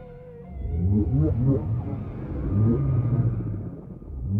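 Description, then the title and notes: Whale vocalizations: deep, harmonic groans that bend upward in short repeated swoops, rising and falling in loudness over a low rumble. Whale sounds presented without music. "WHALE SOUNDS, WHITE NOISES. WHALE SOUNDS WITHOUT MUSIC"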